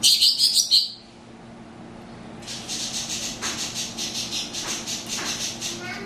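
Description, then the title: Greater green leafbird song: a short burst of sharp whistled notes, a quiet gap, then a long run of rhythmic, repeated high chattering notes. "Burung Cucak Ijo"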